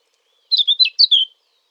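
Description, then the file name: Eurasian blackcap giving a short warbled phrase of about five quick, bright notes lasting under a second, with nothing else audible. "Sylvia atricapilla"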